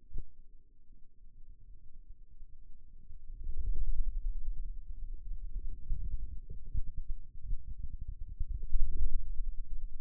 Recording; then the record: forearm muscle sounds (acoustic myography)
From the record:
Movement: inward rotation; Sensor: system 2, bracelet of six BSWA MPA416 microphones around the upper forearm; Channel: 3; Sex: male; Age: 22 years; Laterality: right